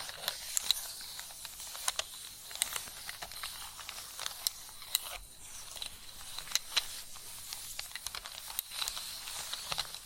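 Chalk scratching and tapping fills the clip with a dry, bright hiss, steady but grainy, mostly in the upper range. Sharp little taps and clicks break through irregularly, several per second at times, with louder ones near the start, middle and end.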